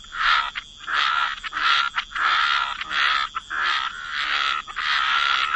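Frog chorus of long, grating croaks that run into one another with short gaps, and a steady high tone in the background.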